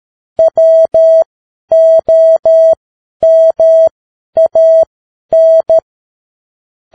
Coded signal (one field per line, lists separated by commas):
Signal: Morse code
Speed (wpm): 13 wpm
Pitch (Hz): 650 Hz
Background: none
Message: WOMAN